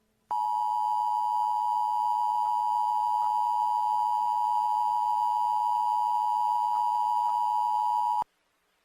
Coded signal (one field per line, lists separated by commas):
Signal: Emergency Alert System (SAME) tones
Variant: 853 and 960 Hz attention tone